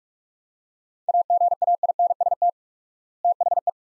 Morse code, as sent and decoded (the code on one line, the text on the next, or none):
.- --. .- .. -. ... - / - .... .
AGAINST THE